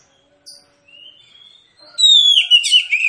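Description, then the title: Oriental magpie-robin song, a faint rising whistle, then loud high whistled notes sweeping downward in the final second. Magpie-robin (kacer) singing in a fighting style, full of loud bursts ('tembakan'), meant to provoke rivals to fight; also offered as therapy for birds reluctant to sing. "Kacer Langsung Tarung Konslet KACER NGOTOT FULL TEMBAKAN. Kicau Kacer santaiterapi Kacer males bunyi"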